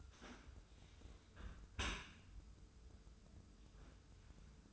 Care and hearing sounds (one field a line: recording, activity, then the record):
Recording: daily activity, microphone in the room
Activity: close dishwasher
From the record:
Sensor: 2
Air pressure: 995.6 hPa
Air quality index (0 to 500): 96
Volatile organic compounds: 5 ppm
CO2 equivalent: 1780 ppm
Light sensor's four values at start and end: 25/79/31/30 and 25/79/31/30